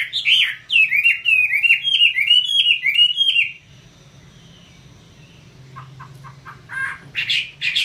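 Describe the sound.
Chinese hwamei song: a rapid series of loud slurred whistles for several seconds, then quiet with a few short clicks and sharp notes near the end.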